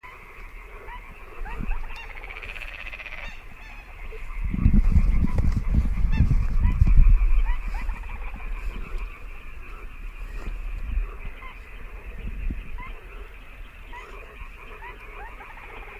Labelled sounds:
Little Crake (Porzana parva) call

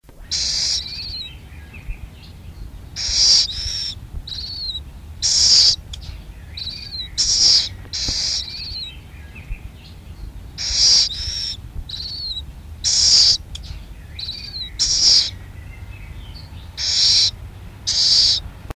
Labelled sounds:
Little Owl (Athene noctua) call

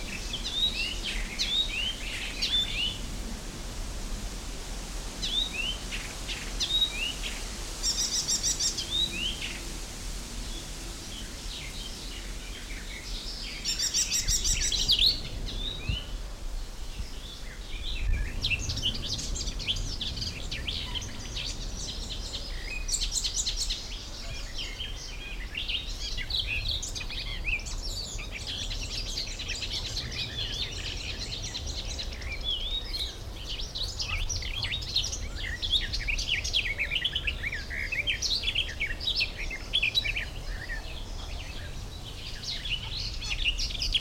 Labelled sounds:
Garden Warbler (Sylvia borin)

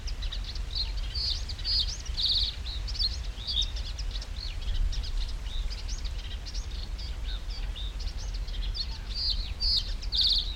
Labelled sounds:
Reed Bunting (Emberiza schoeniclus)

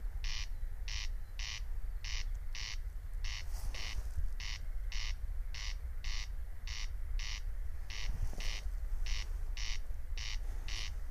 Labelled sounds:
Corn Crake (Crex crex) song

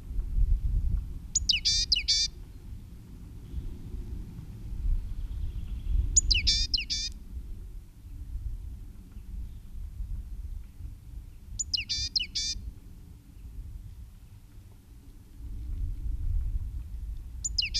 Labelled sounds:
Great Tit (Parus major) song

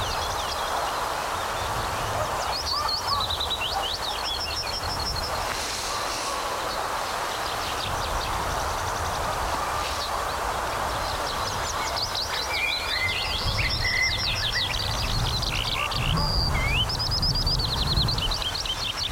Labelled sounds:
Yellowhammer (Emberiza citrinella)

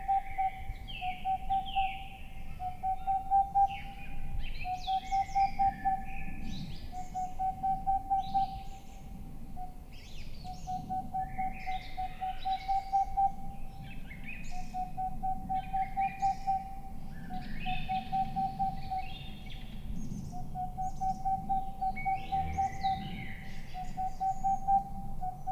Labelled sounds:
Boreal Owl (Aegolius funereus)

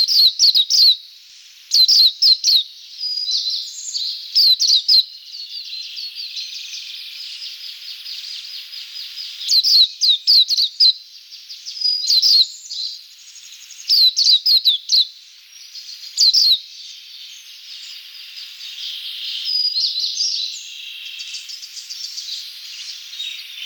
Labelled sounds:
Greenish Warbler (Phylloscopus trochiloides) song

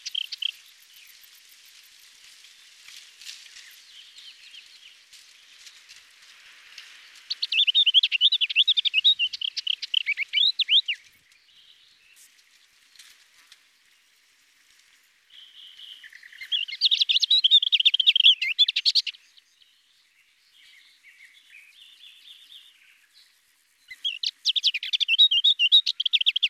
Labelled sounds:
Lesser Whitethroat (Sylvia curruca) song

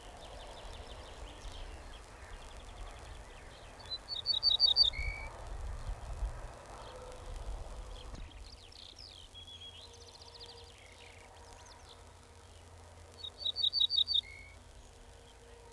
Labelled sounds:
Ortolan Bunting (Emberiza hortulana)

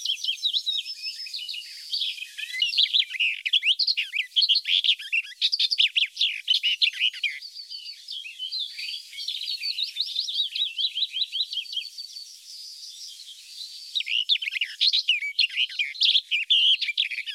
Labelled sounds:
Barred Warbler (Sylvia nisoria) song

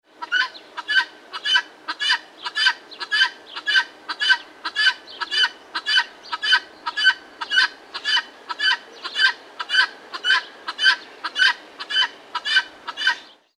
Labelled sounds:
Vulturine Guineafowl (Acryllium vulturinum)

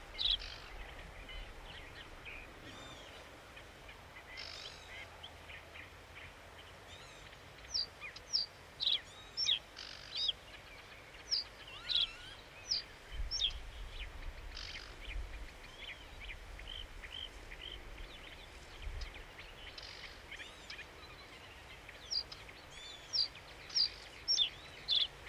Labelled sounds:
Northern Lapwing (Vanellus vanellus) call

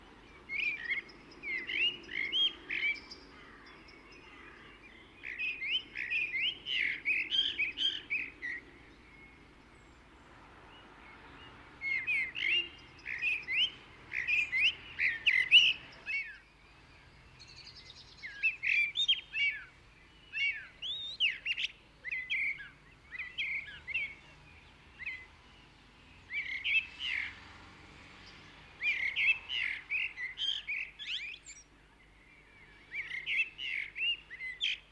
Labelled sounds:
Common Blackbird (Turdus merula) song

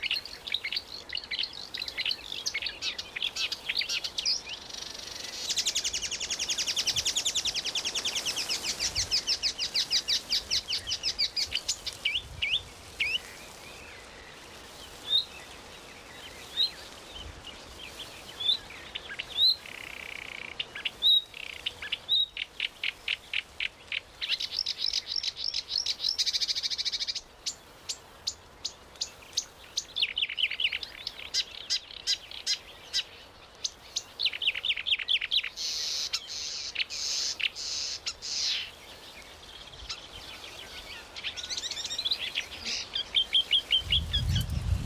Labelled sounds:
Marsh Warbler (Acrocephalus palustris) song

